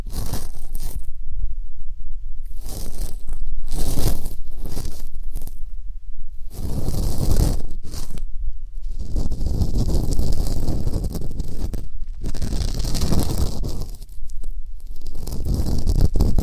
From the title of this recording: ASMR 3D Deep Ear Canal & Eardrum Cleaning